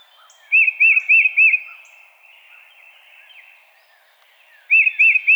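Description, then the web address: Tufted titmouse whistling a fast run of four clear arched notes, then a quiet gap, then another run cut off after three notes, with light chirping around. Recorded 22 March 2007. "Tufted Titmouse 2007 03 22"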